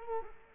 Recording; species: mosquito wingbeat signal from an infrared sensor; Culex quinquefasciatus